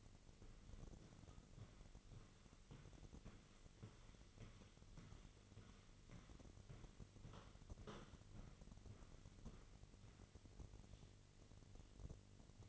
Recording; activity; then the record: daily activity, microphone in the room; walk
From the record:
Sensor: 4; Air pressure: 1002.4 hPa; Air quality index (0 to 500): 215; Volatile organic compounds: 12 ppm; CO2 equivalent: 2325 ppm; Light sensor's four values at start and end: 20/71/26/26 and 20/71/26/26